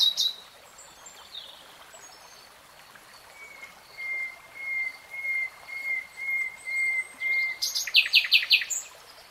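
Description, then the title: Nightingale song: a slow series of soft, repeated piping whistles swelling gradually, ending in a loud rapid rattle of clicking notes. "[Tiếng chim hót] REALTIME Nightingale Singing"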